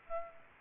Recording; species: mosquito wingbeat signal from an infrared sensor; Aedes aegypti